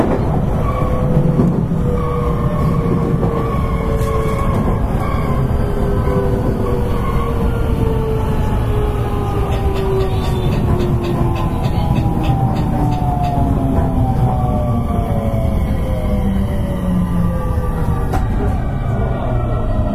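A JR West 223 series train runs with a steady, dense rumble, its motor whine gliding slowly downward in pitch, with occasional clicks.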